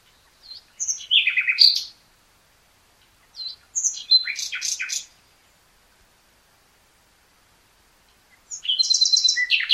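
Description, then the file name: Common nightingale song: three rich, varied phrases of clicks, whistles and rattling trills, separated by pauses of a few seconds. "Luscinia megarhynchos"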